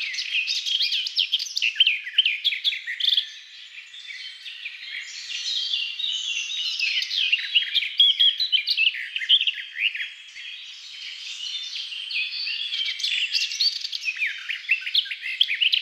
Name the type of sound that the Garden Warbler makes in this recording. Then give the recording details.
song. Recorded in the wild. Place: Waltershofen / Freiburg im Breisgau, Baden-Württemberg, DE. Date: 2002-05-19. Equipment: MiniDisc Sharp MT 20 H. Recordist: Schwarz, Dieter. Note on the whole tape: Song